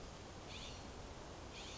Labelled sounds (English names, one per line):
California Scrub-Jay